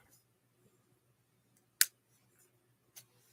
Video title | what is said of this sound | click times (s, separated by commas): 6AM Live Stream - 2026-01-07 | Okay, I think that snapped into place. | 1.8 s